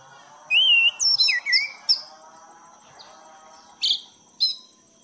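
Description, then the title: Thrush song: high whistled phrases, one rising and falling, then slurred notes and, after a pause, two sharp chips. A faint steady high tone runs underneath. Bird-keeping masteran recording for training pet songbirds; song style described as 'gacor teler'. "anis gacor teler"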